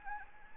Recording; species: mosquito wingbeat signal from an infrared sensor; Anopheles gambiae